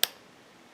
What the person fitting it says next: Click. And we are in.